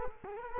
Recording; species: mosquito wingbeat signal from an infrared sensor; Culex quinquefasciatus